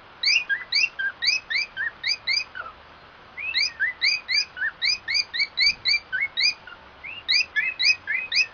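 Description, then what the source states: Cockatiel song made of short, bright upslurred chirps in quick runs, broken by brief pauses, over a quiet background. White-faced variety cockatiel song.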